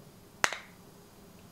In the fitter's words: 소리 들리시죠? 이렇게 딸깍 소리가 날 때까지 잠궈 주시면